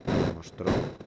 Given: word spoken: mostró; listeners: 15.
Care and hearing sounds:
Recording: one Spanish word in noise, from a listening test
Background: noise modulated by one talker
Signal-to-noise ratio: -9.1 dB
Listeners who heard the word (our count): 5 of 15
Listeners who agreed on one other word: 9 of 15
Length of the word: 0.66 s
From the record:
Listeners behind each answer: 9, 5, 1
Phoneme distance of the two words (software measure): 14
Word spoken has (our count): 2 syllables, 6 phonemes, stress on syllable 2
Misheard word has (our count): 3 syllables, 8 phonemes, stress on syllable 3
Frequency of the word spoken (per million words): 49.98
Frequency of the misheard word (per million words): 19.52

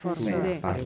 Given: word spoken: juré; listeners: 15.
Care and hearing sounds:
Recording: one Spanish word in noise, from a listening test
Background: four-talker babble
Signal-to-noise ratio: -1.2 dB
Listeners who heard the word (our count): 0 of 15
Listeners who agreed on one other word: 6 of 15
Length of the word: 0.45 s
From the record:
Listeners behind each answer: 6, 3, 1, 1, 1, 1, 1, 1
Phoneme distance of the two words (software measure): 44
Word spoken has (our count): 2 syllables, 4 phonemes, stress on syllable 2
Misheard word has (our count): 2 syllables, 6 phonemes, stress on syllable 1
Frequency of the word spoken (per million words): 1.00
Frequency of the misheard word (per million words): 138.19

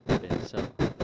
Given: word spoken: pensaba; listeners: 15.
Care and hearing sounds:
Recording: one Spanish word in noise, from a listening test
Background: noise modulated by one talker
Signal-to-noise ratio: -10.3 dB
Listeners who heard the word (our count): 4 of 15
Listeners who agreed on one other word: 8 of 15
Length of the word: 0.63 s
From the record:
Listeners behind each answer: 8, 4, 1, 1, 1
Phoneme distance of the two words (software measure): 17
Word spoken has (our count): 3 syllables, 7 phonemes, stress on syllable 2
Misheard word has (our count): 2 syllables, 6 phonemes, stress on syllable 2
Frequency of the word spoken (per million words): 50.15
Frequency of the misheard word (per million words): 136.86

